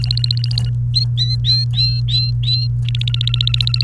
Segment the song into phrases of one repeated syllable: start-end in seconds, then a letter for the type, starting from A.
0.00-0.69 A, 0.94-2.67 B, 2.85-3.83 A